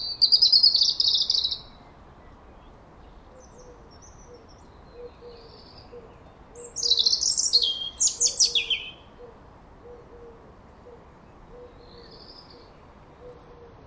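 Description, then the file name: European robin song: two short high twittering phrases separated by a long silence, the second trickling downward. Faint low notes repeat steadily underneath. "Erithacus rubecula"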